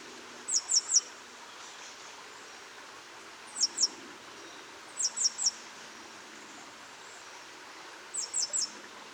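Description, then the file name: Great tit calls in brief groups of two or three high, thin, downward notes, repeated at irregular intervals of a few seconds over a soft noisy background. "Parus major"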